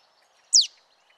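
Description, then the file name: Marsh tit giving a single sharp, high note that slurs steeply downward, brief and clear against a quiet background. "Poecile palustris"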